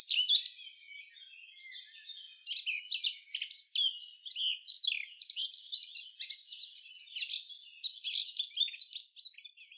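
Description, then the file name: Eurasian blackcap giving a continuous, varied warble of high chattering and whistled notes, loud at the start, softer briefly, then steady and busy. "Sylvia atricapilla"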